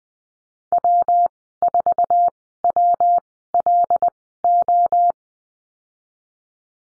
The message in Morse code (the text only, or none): W4WLO